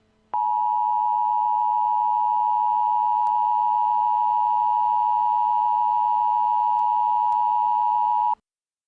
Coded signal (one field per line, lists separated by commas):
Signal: Emergency Alert System (SAME) tones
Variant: 853 and 960 Hz attention tone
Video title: EAS Scenario: Lurkers Unleashed